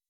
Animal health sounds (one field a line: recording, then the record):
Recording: hydrophone in a shrimp aquaculture tank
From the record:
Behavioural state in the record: weakened